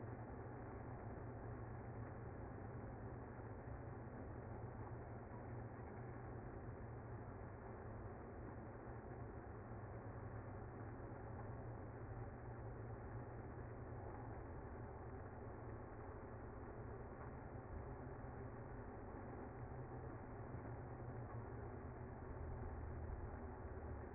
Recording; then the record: honeybee colony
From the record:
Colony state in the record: active